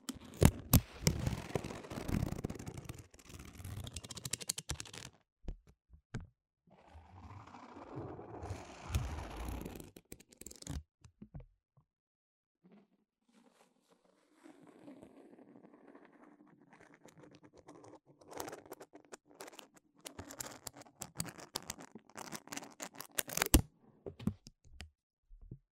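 Tapping and scratching on devices, keyboards and product boxes, in dense bursts of sharp clicks for the first five seconds. Softer rustling and rubbing follow around 7–10 seconds, then a quieter low-toned stretch before bright, rapid taps return from about 18 seconds.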